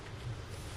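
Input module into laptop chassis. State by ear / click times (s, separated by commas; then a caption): not seated / none. An input module is handled over the deck of a Framework 16 laptop chassis just before it snaps into place, with only a steady low rumble and broadband hiss and no distinct transients. Nothing has seated or clicked yet.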